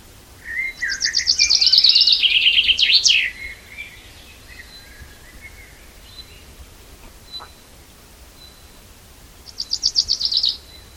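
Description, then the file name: Common chaffinch song: a fast, bright trill that descends in steps and ends in a flourish, lasting about two and a half seconds, with a second song starting near the end. "Fringilla coelebs"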